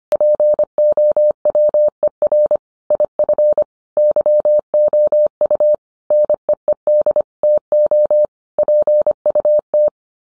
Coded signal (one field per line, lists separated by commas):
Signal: Morse code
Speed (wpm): 25 wpm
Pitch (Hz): 600 Hz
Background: none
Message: POWER IF YOU NEED TO PUT